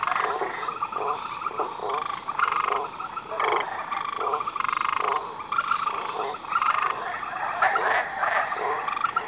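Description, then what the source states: Frog chorus of short rattling croaks, bursts every second or so, against a constant shrill insect drone. Jungle setting, with frogs and insects calling together.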